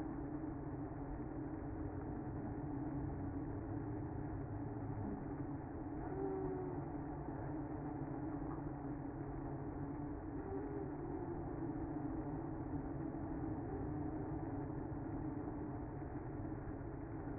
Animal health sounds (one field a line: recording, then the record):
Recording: honeybee colony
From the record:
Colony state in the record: active